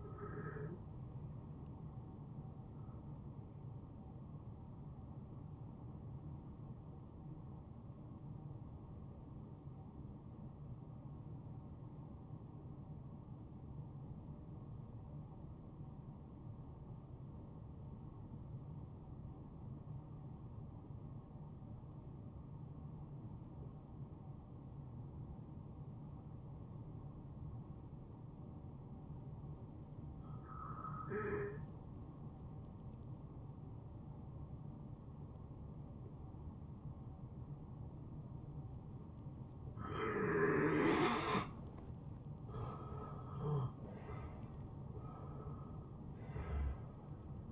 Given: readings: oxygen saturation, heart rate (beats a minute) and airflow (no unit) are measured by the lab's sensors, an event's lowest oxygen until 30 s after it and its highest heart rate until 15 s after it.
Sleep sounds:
breathing in sleep by a smartphone at the bedside; 1
5.00-42.30 s: hypopnea (N1, oxygen 92% highest, then 85% lowest, heart rate 71 at the start, 75 highest)
12.00-42.00 s: new sleep stage, N2 (light sleep)
42.00-47.52 s: new sleep stage, N1 (lightest sleep)
From the record:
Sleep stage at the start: N1 (lightest sleep); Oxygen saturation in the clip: 89 to 93%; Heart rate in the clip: 53 to 73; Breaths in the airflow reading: 7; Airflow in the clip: -19.6 to 9.5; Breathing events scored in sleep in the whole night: 263 in 5.5 hours asleep

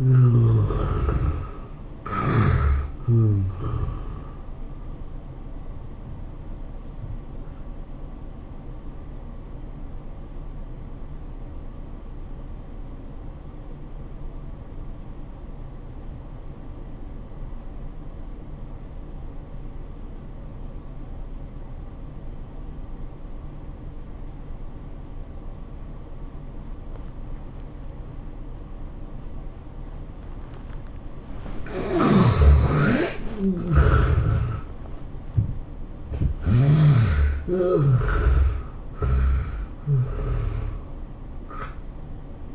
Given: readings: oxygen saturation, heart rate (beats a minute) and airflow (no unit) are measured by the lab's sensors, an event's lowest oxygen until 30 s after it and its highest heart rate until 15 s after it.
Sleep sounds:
breathing in sleep by a smartphone at the bedside; 1
14.00-33.00 s: obstructive apnea (N1, oxygen 97% highest, then 70% lowest, heart rate 95 at the start, 108 highest)
From the record:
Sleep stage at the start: N1 (lightest sleep); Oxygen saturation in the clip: 72 to 97%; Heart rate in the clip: 78 to 108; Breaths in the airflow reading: 5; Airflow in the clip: -14.3 to 18.3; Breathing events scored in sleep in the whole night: 403 in 5.5 hours asleep

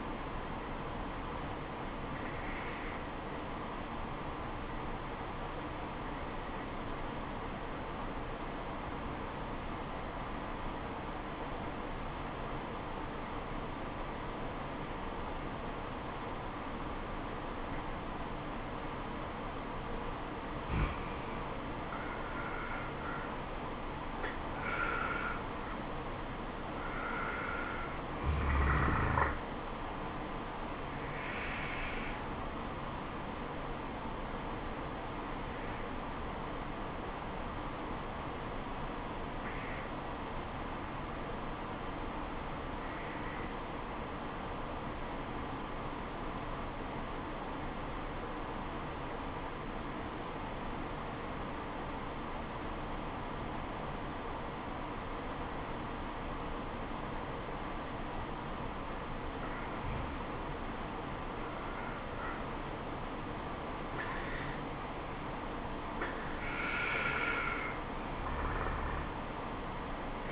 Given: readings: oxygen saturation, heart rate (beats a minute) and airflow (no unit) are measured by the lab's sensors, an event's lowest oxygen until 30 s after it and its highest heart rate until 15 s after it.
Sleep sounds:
breathing in sleep by a voice recorder at the bedside; 2
3.00-23.20 s: obstructive apnea (N2, oxygen 95% highest, then 86% lowest, heart rate 68 at the start, 77 highest)
36.00-61.30 s: obstructive apnea (N2, oxygen 96% highest, then 86% lowest, heart rate 69 at the start, 77 highest)
From the record:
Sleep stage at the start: N2 (light sleep); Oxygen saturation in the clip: 86 to 96%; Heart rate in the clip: 67 to 77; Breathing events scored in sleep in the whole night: 426 in 7.4 hours asleep

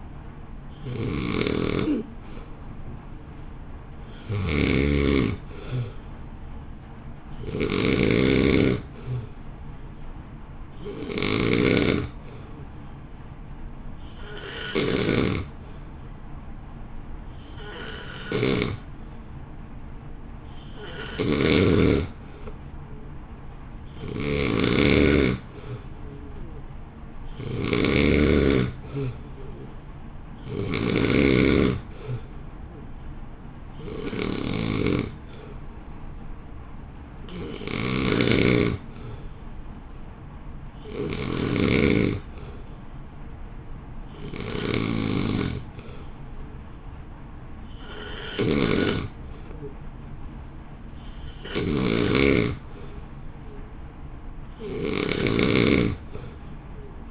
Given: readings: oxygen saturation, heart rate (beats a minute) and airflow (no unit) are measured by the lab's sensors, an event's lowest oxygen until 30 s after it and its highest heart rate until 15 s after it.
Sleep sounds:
breathing in sleep by a smartphone at the bedside; 1
15.00-25.70 s: hypopnea (N2, oxygen 91% highest, then 88% lowest, heart rate 57 at the start, 58 highest)
22.00-52.00 s: new sleep stage, N1 (lightest sleep)
52.00-57.11 s: new sleep stage, N2 (light sleep)
From the record:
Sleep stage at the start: N2 (light sleep); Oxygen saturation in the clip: 88 to 92%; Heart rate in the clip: 55 to 58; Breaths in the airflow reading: 21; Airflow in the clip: -1.5 to 1.1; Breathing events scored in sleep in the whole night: 328 in 6.3 hours asleep

